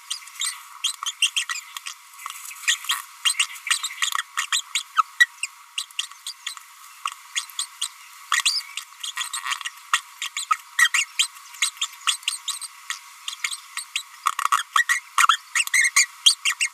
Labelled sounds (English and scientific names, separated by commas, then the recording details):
Green-rumped Parrotlet (Forpus passerinus) babbling
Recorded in a nest box in Venezuela
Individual 18B25A3